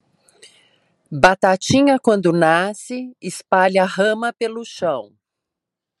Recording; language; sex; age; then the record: short text; Brazilian Portuguese; female; 50 to 59 years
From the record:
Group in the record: control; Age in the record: 59 years